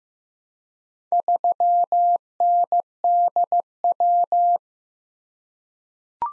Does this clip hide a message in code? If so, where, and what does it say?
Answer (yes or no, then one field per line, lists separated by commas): yes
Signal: Morse code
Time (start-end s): 1.1-4.6 s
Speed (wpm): 15 wpm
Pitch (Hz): 700 Hz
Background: none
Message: 3NDW